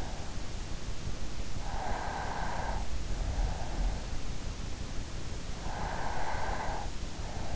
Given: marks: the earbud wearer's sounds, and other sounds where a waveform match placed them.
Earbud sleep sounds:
sounds in sleep by an in-ear microphone; breath
1.47-3.19 s: breath
5.30-7.25 s: breath

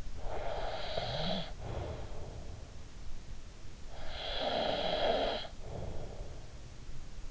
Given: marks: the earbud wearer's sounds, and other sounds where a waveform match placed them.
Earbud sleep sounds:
sounds in sleep by an in-ear microphone; snoring breath
0.00-2.74 s: snoring breath
3.63-6.97 s: snoring breath

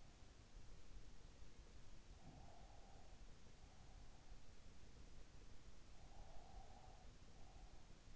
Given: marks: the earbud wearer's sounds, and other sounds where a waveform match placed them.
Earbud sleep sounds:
sounds in sleep by an in-ear microphone; breath
1.98-4.24 s: breath
6.18-8.16 s: breath

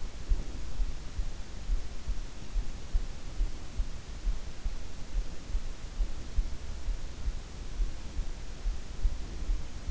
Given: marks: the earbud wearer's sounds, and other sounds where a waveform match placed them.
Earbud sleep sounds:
sounds in sleep by an in-ear microphone; breath
0.00-0.93 s: breath

